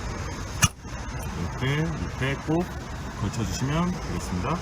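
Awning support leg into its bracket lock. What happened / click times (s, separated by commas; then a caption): The support leg latched into its lock / 0.6 s. A camper's awning support leg is lowered and locked into its bracket, with one sharp click at 0.6 s as the leg seats in place. Someone talks over a low background hum before and after the click.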